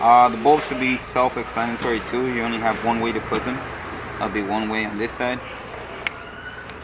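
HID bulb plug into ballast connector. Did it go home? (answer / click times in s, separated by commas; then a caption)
yes / 6.1 s. An HID bulb plug is pushed into the ballast connector, which only fits one way, while someone talks. It seats with a sharp click at 6.1 s.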